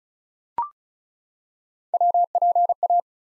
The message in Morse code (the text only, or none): WPA